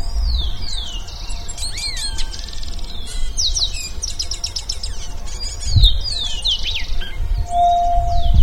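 Bird singing a busy run of descending whistled slurs, clicks and buzzy trills, phrases packed closely together, with low rumbling noise underneath.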